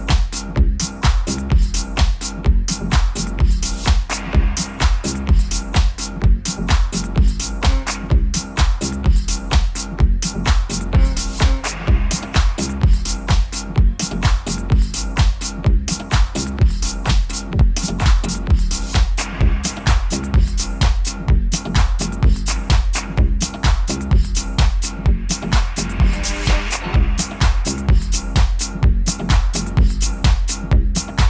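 A soundscape from Jesendorf, filled by dense, continuous music with a fast, regular beat that runs evenly through the whole half minute. A heavy low bass and sustained tones sit under the pulse, and the loudness stays constant without pauses.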